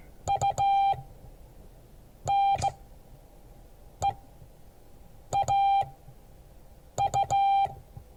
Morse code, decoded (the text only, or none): UNEAU